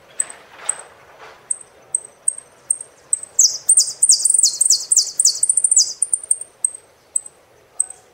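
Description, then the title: Saffron finch: high chips lead into a loud series of buzzy, repeated trilled phrases for about three seconds, then the chips resume. "Jilguero Argentino"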